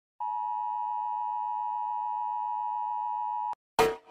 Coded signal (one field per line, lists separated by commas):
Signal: Emergency Alert System (SAME) tones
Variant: 853 and 960 Hz attention tone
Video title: Rating EAS alarms part 5!